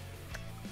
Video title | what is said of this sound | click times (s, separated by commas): INTERCOM Duo MOTO MoMaN H2E Eagle-Like | alors pour le déclipser, il y a la petite languette, je pense. Hop, | 0.4 s